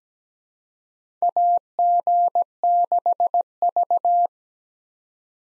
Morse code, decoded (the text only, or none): AG6V